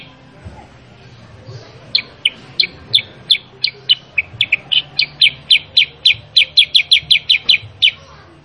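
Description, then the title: Sooty-headed bulbul chattering call, a long series of sharp downslurred high notes that quickens toward the end. Master recording of a very actively singing sooty-headed bulbul, used to train other caged sooty-headed bulbuls to respond and sing actively. "Masteran Kutilang Sutra. Kutilang Sutra mana YANG GAK NYAUT dan IKUT BUNYI GACOR dengan suara Kutilang Sutra Super GACOR Ini"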